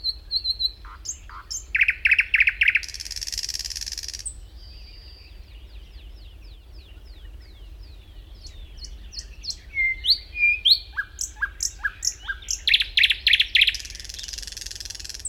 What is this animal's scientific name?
Luscinia luscinia